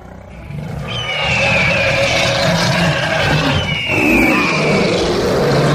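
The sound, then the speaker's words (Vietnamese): A dense, loud chorus of countless wild beasts all across a mountain range roaring at once, overlapping deep growls and drawn-out wailing tones that swell and hold steady for several seconds with no talking. “Lúc này vô số man yêu thú ở khắp nơi trên dãy núi bất chợt gầm gào bỏ rạp, ngước mắt quỷ bái về phía thiên yêu động.”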